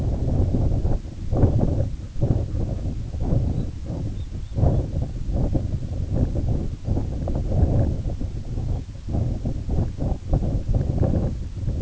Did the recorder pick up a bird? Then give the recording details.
yes. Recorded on Arctic tundra, site IGLO-A, on 17 June 2018. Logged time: 19:59